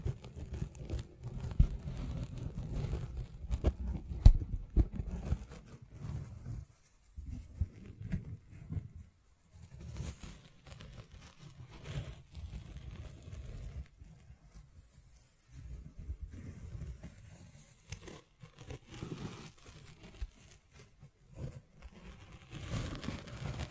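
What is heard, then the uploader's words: Dry scratching and tracing sounds, mostly low and muffled, come in bursts with short pauses, quietest around 7 and 15 seconds. Brief sharp clicks and taps stand out, especially near 4 seconds. Faint crinkling textures appear. ASMR Brain NUMBING Triggers Scratching, Tracing, Tapping (No Talking).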